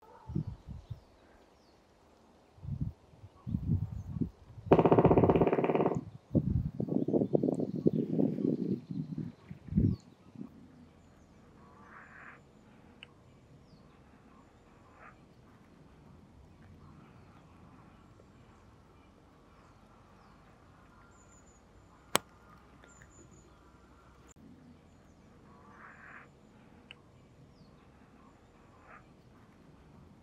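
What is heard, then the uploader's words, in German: A black woodpecker makes a burst of loud, low knocking and flapping sounds in the first ten seconds, including a bright rushing burst near five seconds as it takes off. Afterwards a quiet, steady background remains, with faint high bird calls and one sharp click around 22 seconds. Trommeln und Abflug eines Schwarzspechtes. Schwarzspecht im Naturschutzgebiet Buttermoor/Butterbargsmoor (Kreis Pinneberg, Schleswig-Holstein). Der Specht machte in dem Wäldchen auf der anderen Seite der Straße auf sich aufmerksam.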